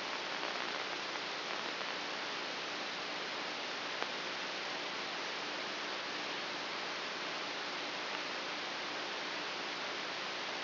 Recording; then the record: brain microelectrode recording played as sound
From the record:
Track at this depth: inside the subthalamic nucleus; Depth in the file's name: 0.956 mm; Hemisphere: left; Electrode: 2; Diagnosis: Parkinson's disease